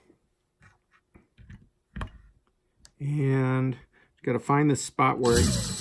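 A screwdriver bit slips in the stripped head of a screw in a metal hard drive drawer mount, giving sharp ticks at about 2.0, 2.0 and 2.9 seconds among softer scraping taps. Someone then talks. The bit cannot grip because the screw head is stripped.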